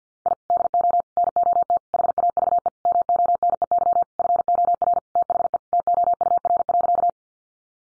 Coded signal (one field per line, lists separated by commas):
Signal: Morse code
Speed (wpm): 50 wpm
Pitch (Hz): 700 Hz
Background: none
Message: I DO NOT HAVE MONEY FOR THE TOUR.